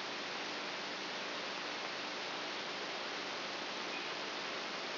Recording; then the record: brain microelectrode recording played as sound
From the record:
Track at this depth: outside the subthalamic nucleus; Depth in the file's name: 6.64 mm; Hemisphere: right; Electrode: 2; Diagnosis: Parkinson's disease